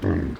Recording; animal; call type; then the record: contact call of a hoofed animal; wild boar; grunt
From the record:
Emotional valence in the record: positive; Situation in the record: food anticipation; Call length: 0.41 s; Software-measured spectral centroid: 1000 Hz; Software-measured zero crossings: 850 a second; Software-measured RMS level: -24 dBFS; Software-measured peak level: -12 dBFS